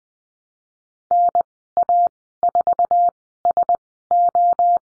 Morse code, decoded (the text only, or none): NA4SO